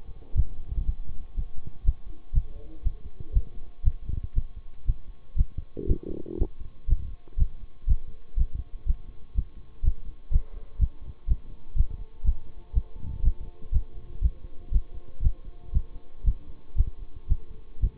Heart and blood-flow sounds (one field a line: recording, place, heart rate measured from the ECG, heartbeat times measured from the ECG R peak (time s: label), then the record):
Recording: heart sounds by stethoscope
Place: between the tricuspid and mitral areas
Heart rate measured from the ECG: 120 bpm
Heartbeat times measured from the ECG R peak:
0.35 s: heartbeat
0.85 s: heartbeat
1.35 s: heartbeat
1.84 s: heartbeat
2.33 s: heartbeat
2.83 s: heartbeat
3.33 s: heartbeat
3.83 s: heartbeat
4.34 s: heartbeat
4.85 s: heartbeat
5.36 s: heartbeat
5.87 s: heartbeat
6.37 s: heartbeat
6.87 s: heartbeat
7.37 s: heartbeat
7.87 s: heartbeat
8.36 s: heartbeat
8.86 s: heartbeat
9.34 s: heartbeat
9.83 s: heartbeat
10.31 s: heartbeat
10.79 s: heartbeat
11.27 s: heartbeat
11.75 s: heartbeat
12.24 s: heartbeat
12.73 s: heartbeat
13.22 s: heartbeat
13.72 s: heartbeat
14.21 s: heartbeat
14.71 s: heartbeat
15.22 s: heartbeat
15.72 s: heartbeat
16.24 s: heartbeat
16.76 s: heartbeat
17.27 s: heartbeat
17.80 s: heartbeat
From the record:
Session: bicycle stress test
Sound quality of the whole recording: good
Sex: male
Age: 26 years